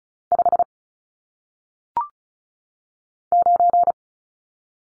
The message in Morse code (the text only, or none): 5 9